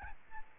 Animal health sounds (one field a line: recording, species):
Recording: mosquito wingbeat signal from an infrared sensor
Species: Aedes albopictus